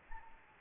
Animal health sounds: mosquito wingbeat signal from an infrared sensor; Anopheles gambiae

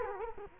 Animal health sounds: mosquito wingbeat signal from an infrared sensor; Culex quinquefasciatus

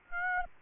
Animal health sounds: mosquito wingbeat signal from an infrared sensor; Aedes aegypti

